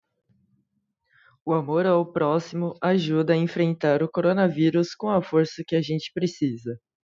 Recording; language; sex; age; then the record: spoken sentence; Brazilian Portuguese; female; 20 to 29 years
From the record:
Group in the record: control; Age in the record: 28 years